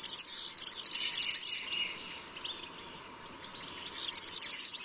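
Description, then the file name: European serin song: high, rapid, jingling trills in two bursts, the first about one and a half seconds long, separated by a quieter stretch. "Verzellino"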